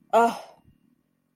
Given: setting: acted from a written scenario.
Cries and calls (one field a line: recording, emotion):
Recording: vocal sound without words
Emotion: pride